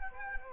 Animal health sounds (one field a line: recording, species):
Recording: mosquito wingbeat signal from an infrared sensor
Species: Culex quinquefasciatus